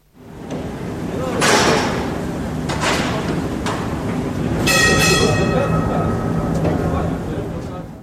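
The signal jingle of Polish Radio's Program Trzeci (Trójka) plays again, a busy, steady wash of rumbling, rail-like noise with sharp clattering bursts and a bright, ringing chime-like tone about midway through.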